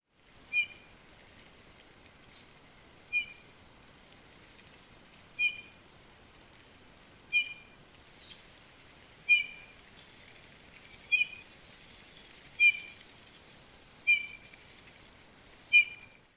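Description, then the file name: Eurasian bullfinch calls: soft, clear piping whistles, about nine single notes spaced roughly two seconds apart over a steady faint hiss. "Pyrrhula pyrrhula"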